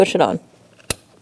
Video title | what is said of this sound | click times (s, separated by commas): How to Replace Grille 2020-2027 Toyota Corolla | You want to hear that click. | 0.9 s